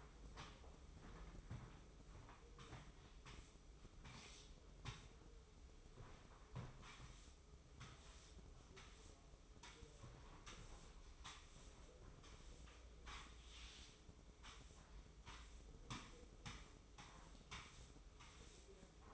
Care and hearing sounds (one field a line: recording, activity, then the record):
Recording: daily activity, microphone in the room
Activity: sweep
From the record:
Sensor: 1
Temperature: 24.1 degrees Celsius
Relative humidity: 31.5%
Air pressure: 995.9 hPa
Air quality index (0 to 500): 67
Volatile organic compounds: 3 ppm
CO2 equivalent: 1360 ppm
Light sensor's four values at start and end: 32/111/43/45 and 31/107/41/43